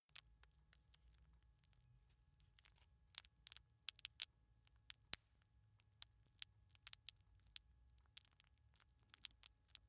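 Bird eating sounds: sharp, dry pecking clicks scattered irregularly, sometimes in quick clusters, over a faint low steady hum.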